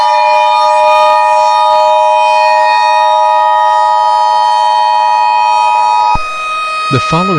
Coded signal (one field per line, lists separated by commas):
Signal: Emergency Alert System (SAME) tones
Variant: 853 and 960 Hz attention tone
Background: speech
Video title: Koopas Part 1 - Tt inc. Original Video Game EAS Mock